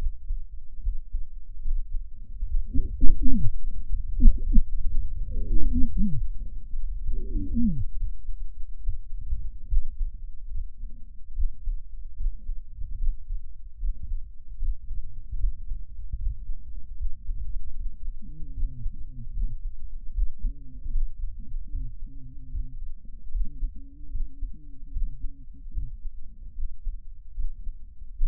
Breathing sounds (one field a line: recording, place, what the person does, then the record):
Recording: lung sounds by stethoscope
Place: right posterior basal chest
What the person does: quiet breathing, then cough and speech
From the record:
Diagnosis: interstitial lung disease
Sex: male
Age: 72 years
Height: 167 cm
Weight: 74 kg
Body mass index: 26.5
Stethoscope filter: bell mode